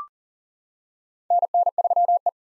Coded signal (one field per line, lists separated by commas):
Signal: Morse code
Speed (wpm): 40 wpm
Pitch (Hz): 700 Hz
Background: none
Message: NN3E